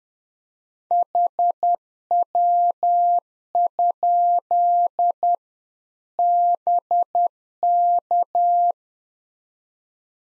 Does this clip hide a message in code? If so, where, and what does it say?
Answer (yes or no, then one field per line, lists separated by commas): yes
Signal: Morse code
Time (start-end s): 0.9-8.7 s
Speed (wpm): 10 wpm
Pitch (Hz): 700 Hz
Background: none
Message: HW? BK